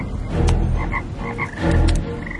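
A dense chorus of frogs croaks continuously, overlapping raspy calls and short higher chirps pulsing in irregular rhythm, swelling louder twice over the few seconds, with no voices; frogs covering the land of Egypt.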